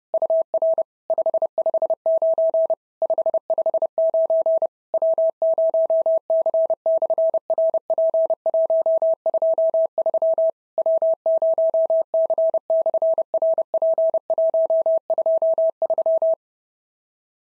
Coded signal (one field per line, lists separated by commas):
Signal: Morse code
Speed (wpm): 28 wpm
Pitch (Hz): 650 Hz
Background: none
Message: UR 559 559 W0C/RP123 W0C/RP123